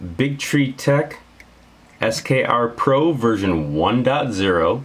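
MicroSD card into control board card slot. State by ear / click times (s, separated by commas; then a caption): seated / 1.4 s. Someone talks while a microSD (TF) card is pushed by finger into the spring-loaded card slot on a BigTreeTech SKR Pro V1.1 3D printer control board. A short click is heard at 1.4 s, during a pause in the talk, as the card seats in the slot.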